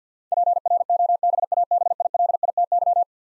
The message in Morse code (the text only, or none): PROBABILITY